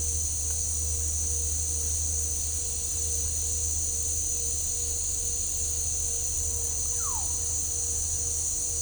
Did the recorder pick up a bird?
yes